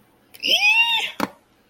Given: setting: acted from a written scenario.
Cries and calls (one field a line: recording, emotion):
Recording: vocal sound without words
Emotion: elation